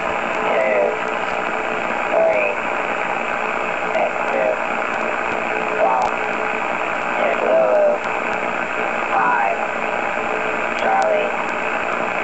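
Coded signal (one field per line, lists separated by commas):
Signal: coded military voice message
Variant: US Air Force EAM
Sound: faint, distorted voice reading through loud static hiss on a shortwave channel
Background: radio static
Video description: EAM Emergency action message . These are the coded messages to the nuclear forces to go or no go!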